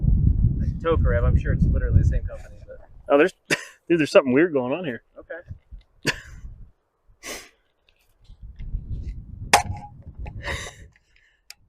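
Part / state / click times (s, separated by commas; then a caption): shotgun bolt closing into battery in the receiver / partly seated / 9.5 s. Someone talks, then the bolt release is hit on a GForce GF99DLX semi-auto 12 gauge shotgun, and the bolt drops with a sharp metallic clack at 9.5 s. The bolt stops partway and does not go fully forward into battery in the receiver.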